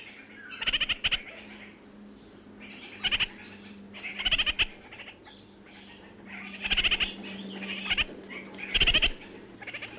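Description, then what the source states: Red-crowned parakeet giving several short, rapid, harsh chatter bursts, between softer chattering and whistles, over a low steady hum. New Zealand.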